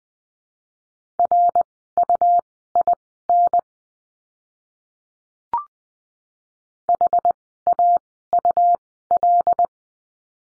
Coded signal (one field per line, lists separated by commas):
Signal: Morse code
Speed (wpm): 20 wpm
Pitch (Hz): 700 Hz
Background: none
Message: RUIN HAUL